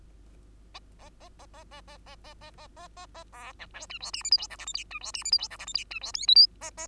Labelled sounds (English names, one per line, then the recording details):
Bengalese Finch song
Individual Bird2